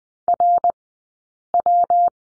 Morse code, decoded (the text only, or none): RW